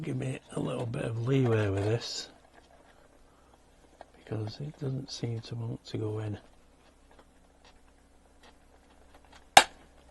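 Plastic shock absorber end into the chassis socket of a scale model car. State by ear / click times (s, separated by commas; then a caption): seated / 9.6 s. Someone talks while pushing the sanded plastic end of a shock absorber into its chassis socket on a Hachette Batmobile Tumbler scale model car, where it resists going in. After a quiet stretch with faint small handling sounds, the end snaps into place with one sharp, loud click at 9.6 s, and the shock absorber is seated.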